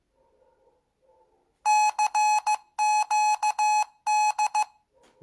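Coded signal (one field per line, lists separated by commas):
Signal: Morse code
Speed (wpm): 15 wpm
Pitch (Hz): 840 Hz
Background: none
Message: CQD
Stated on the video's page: Search for the Titanic's CQD distress signal on a CW frequency, using a transmitting antenna near Halifax.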